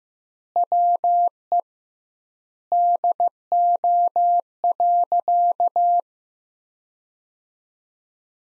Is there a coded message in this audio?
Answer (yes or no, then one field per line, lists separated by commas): yes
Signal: Morse code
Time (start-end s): 0.6-6.0 s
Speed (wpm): 15 wpm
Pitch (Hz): 700 Hz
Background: none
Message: WE DO.